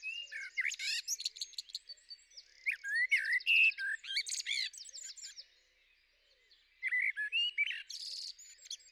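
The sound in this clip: Common blackbird song: a busy string of high, varied twittering notes and short fluty slurs in bursts, falling quiet briefly before another twittery phrase.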